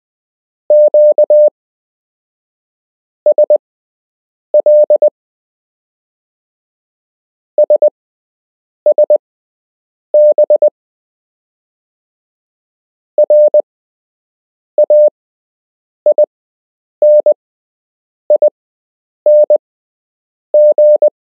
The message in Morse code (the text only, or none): QSL SSB RAINING